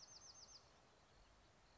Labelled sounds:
Bewick's Wren
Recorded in Sonoma County, California

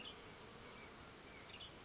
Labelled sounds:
Western Tanager
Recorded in Sonoma County, California

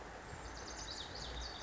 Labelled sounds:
Lazuli Bunting
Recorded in Sonoma County, California

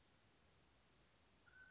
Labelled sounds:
Mountain Quail
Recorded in Sonoma County, California

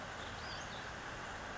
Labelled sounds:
Western Flycatcher
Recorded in Sonoma County, California

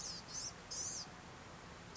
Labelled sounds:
Blue-gray Gnatcatcher
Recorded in Sonoma County, California

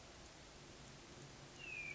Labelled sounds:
Hermit Thrush
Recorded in Sonoma County, California

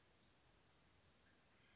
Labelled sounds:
Western Flycatcher
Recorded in Sonoma County, California

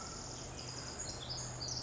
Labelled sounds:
Pacific Wren
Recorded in Sonoma County, California

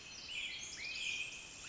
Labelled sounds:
Pacific Wren
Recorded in Sonoma County, California

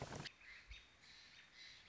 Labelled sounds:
American Robin
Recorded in Sonoma County, California

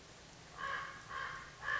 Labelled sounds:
Common Raven
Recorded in Sonoma County, California

